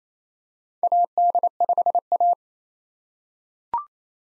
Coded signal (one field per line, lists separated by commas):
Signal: Morse code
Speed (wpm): 29 wpm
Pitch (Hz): 700 Hz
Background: none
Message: AD5A